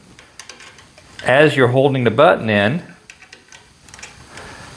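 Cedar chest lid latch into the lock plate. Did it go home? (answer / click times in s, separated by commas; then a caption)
yes / 3.1 s. Someone talks while the wooden cedar chest lid is shut with the safety lock button held in, and faint ticks sound beforehand. The metal latch plate then catches with a series of sharp clicks, the first at 3.1 s, and the lid latches into the lock plate and locks in place.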